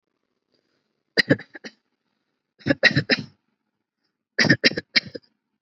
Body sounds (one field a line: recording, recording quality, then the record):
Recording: shallow voluntary cough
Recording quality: excellent, no background noise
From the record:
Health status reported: respiratory illness, not identified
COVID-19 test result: not tested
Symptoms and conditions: sore throat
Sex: female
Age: 28 years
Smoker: not ticked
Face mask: not worn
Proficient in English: yes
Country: India